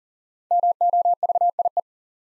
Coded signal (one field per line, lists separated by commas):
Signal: Morse code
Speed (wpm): 40 wpm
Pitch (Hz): 700 Hz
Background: none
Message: MOVIE